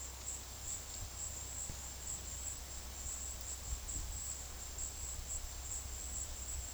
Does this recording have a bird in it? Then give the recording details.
no. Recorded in dense forest near Puerto Asís, Putumayo, Colombia, on 21 February 2024 at 15:00. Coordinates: 0.485, -76.322. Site G6406